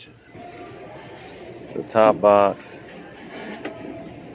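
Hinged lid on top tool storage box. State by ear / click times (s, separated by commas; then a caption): not seated / none. The hinged lid on the top box of a Masterforce modular tool storage system is swung open, but it doesn't sit all the way back or latch in the open position and has to be held. Someone talks over a low background hum, and a brief tap is heard near 3.7 s. Nothing has latched or clicked into place.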